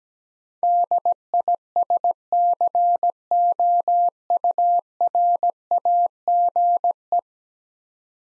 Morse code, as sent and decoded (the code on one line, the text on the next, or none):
-.. .. ... -.-. --- ..- .-. .- --. .
DISCOURAGE